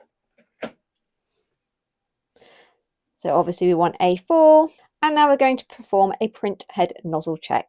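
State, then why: Seated. A plastic paper cassette, loaded with paper face down, is slid back into an Epson EcoTank ET-8550 inkjet printer and latches with a sharp click at 0.6 s. Faint handling noises follow, then someone talks from about 3.2 s onward. The cassette is seated.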